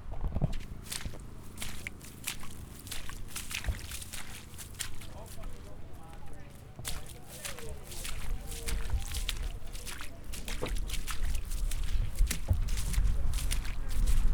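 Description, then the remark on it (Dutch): Steady footsteps squelch and splash through wet, waterlogged grass at a festival ground by a windmill, each step a soft slushy crunch in a regular walking rhythm, with faint murmuring voices underneath. “Daar staat het gras onder water, dus dan gaan we weer even plensgeluiden.”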